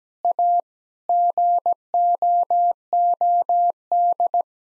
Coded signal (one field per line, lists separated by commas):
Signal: Morse code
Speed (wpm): 17 wpm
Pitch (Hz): 700 Hz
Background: none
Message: A GOOD